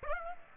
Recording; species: mosquito wingbeat signal from an infrared sensor; Aedes aegypti